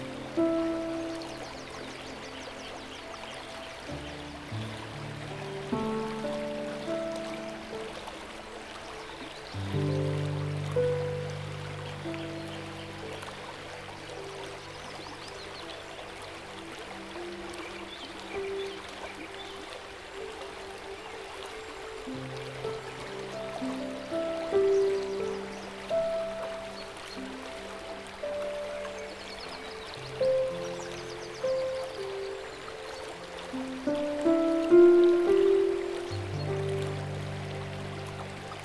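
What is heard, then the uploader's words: Gentle piano music plays over a steady, soft rush of river water. Sustained low chords shift every few seconds, with quiet melodic notes drifting above them, swelling slightly around the middle and again near the end. The water murmurs evenly underneath throughout. Piano Reverie In The Idyllic Garden. Relaxing Music & Nature Sounds.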